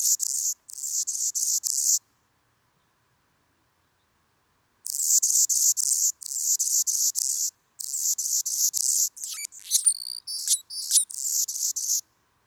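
Hummingbird giving very high, buzzy bursts in quick rapid series, broken by a long silent gap, then sharp squeaky chirps mixed among the buzzes near the end.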